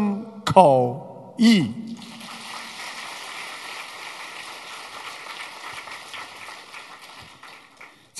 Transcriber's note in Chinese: 掌声